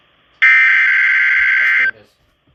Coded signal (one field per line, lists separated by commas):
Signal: Emergency Alert System (SAME) tones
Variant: header bursts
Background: speech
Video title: EAS #399-400!: Caught Me Off Guard (Double-Header WSWs on KIG86) (1/22/23)